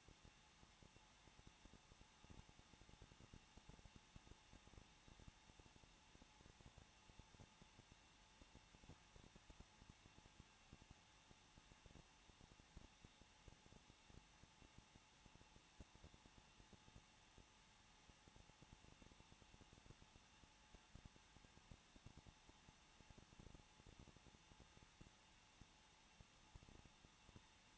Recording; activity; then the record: daily activity, microphone in the room; no activity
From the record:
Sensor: 1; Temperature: 20.1 degrees Celsius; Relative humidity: 39.3%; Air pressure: 1006.4 hPa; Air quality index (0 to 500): 218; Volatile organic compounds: 79 ppm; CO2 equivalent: 3600 ppm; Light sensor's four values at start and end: 1/2/1/1 and 1/2/1/1